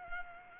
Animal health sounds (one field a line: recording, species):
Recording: mosquito wingbeat signal from an infrared sensor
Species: Culex pipiens